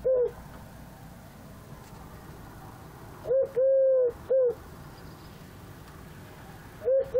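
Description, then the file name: Eurasian collared dove cooing: a short coo ending one phrase, then a full three-note coo with a long middle note, and another phrase beginning at the end. "Tourterelle Turque Eurasian Collared Dove Chant"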